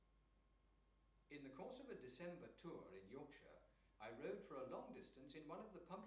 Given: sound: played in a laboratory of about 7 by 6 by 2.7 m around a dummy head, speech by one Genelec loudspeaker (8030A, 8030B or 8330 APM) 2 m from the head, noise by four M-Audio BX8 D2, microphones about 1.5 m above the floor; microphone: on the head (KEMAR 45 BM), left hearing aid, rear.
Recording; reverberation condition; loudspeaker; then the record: male speech in English; medium; 30 degrees to the left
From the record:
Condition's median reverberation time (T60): about 510 ms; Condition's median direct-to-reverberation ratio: about -0.5 dB